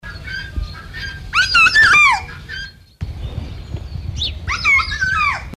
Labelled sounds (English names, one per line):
Kea call